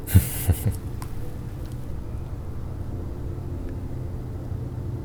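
A steady, low rumbling drone of an aircraft passing overhead above the Heessener Wald in Hamm, Germany, continuous and even throughout, with a few soft thumps at the very start and no voices.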